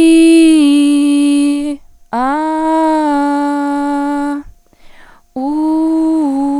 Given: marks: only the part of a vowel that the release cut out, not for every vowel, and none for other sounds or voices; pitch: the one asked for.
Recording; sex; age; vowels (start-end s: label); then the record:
sustained vowels; female; 20 to 29 years
0.44-1.55 s: vowel /i/, low-high-low pitch
2.92-3.69 s: vowel /a/, low-high-low pitch
5.83-6.34 s: vowel /u/, low-high-low pitch
From the record:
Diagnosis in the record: stuttering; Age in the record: 29 years